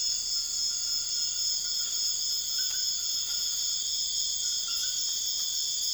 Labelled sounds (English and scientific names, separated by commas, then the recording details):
none
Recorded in dense forest near Puerto Asís, Putumayo, Colombia, on 13 March 2025 at 01:30
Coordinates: 0.481, -76.323
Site G088